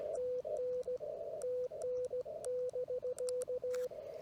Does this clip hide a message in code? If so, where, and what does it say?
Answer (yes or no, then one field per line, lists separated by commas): yes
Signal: Morse code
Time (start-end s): 0.2-3.9 s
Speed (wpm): 17 wpm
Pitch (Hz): 500 Hz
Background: radio noise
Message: TN TN <BK>